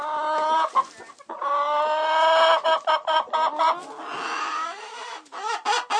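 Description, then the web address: Chickens clucking and squawking in a run of harmonic, nasal calls, some drawn out and others short and choppy, with several birds overlapping. Chickens recorded in a chicken coop. "SFXSource. Chicken Coop 2"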